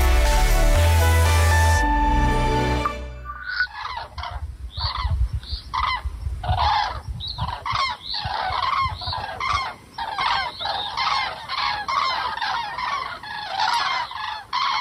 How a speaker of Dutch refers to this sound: Een van de meest melancholische natuurgeluiden uit het vogelrijk. De trompetterende roep van trekkende kraanvogels. Deze vogels komen uit het noorden.